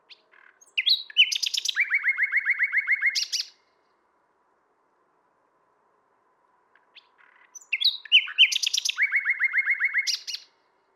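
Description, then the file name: Common nightingale song: two similar phrases several seconds apart, each opening with varied chirps and ending in a long, even rattle of quick repeated notes. "Luscinia megarhynchos"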